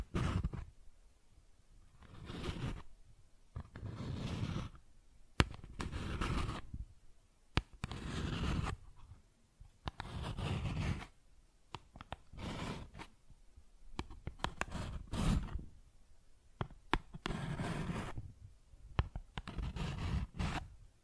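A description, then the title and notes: Cardboard being scratched and rubbed in a series of rough, irregular bursts, each lasting one to two seconds with short pauses between. The strokes are gritty and full, heaviest in the low end, with sharp clicks and snaps scattered throughout. Cardboard Scratching, Tracing, Tearing.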